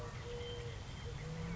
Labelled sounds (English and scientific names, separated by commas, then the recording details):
Eurasian Collared Dove (Streptopelia decaocto)
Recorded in Sonoma County, California